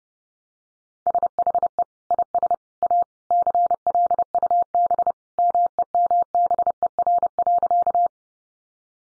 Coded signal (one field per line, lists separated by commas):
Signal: Morse code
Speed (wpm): 30 wpm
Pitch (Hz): 700 Hz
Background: none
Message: SHE IS A CLUB MEMBER.